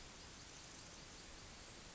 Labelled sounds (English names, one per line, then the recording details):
Yellowhammer song
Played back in forest
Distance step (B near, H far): H
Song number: 053